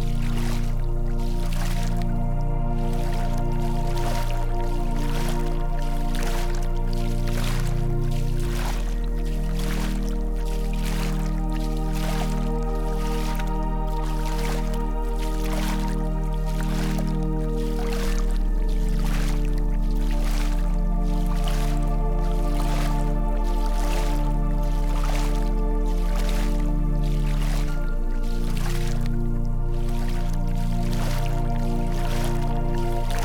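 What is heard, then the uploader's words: Steady instrumental music plays over faint lake water, with a soft beat every second or so above sustained warm tones. The low bass note shifts at about 8, 18 and 28 seconds, while the overall loudness stays constant throughout. Sounds of the Lake (with Music). Water and nature sounds.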